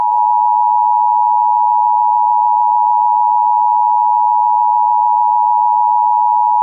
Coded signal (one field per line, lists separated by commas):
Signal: Emergency Alert System (SAME) tones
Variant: 853 and 960 Hz attention tone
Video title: EAS Scenario #1: A Radio-Like Problem (inspired by: Hazbin Hotel) DISCLAIMER IN DESCRIPTION!!!!!!